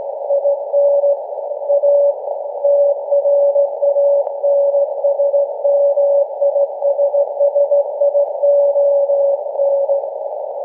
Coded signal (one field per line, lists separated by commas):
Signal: Morse code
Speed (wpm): 16 wpm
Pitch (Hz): 570 Hz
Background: none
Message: IN A TRANSMISSION